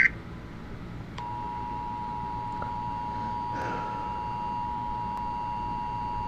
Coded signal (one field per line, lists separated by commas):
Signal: Emergency Alert System (SAME) tones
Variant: 853 and 960 Hz attention tone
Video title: EAS scenario 3 India versus America